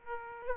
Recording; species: mosquito wingbeat signal from an infrared sensor; Aedes aegypti